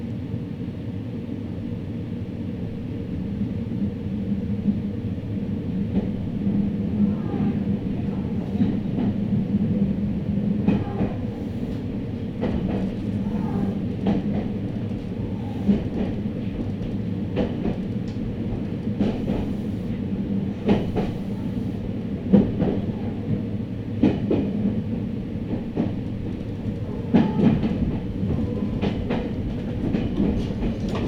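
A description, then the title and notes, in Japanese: A ride aboard a Meitetsu train on the Inuyama and Hiromi lines, with a steady low rumble running the whole way. Wheel clacks and rattling knocks break through every second or two, irregular but constant, with a few sharper jolts near the end. ガタンゴトンの旅。名古屋鉄道犬山・広見線 江南→布袋→新可児。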